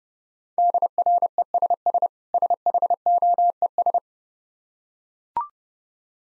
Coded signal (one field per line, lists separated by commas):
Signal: Morse code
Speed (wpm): 31 wpm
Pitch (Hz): 700 Hz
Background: none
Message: DRESS SHOES